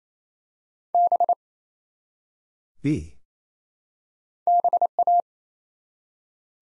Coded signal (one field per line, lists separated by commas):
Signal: Morse code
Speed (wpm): 27 wpm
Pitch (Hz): 700 Hz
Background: none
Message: B BA